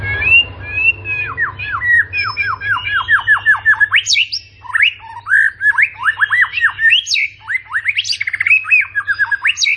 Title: PANCINGAN MURAI BATU. PAGI HARI! MURAI BATU GACOR ISIAN MEWAH